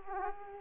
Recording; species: mosquito wingbeat signal from an infrared sensor; Aedes aegypti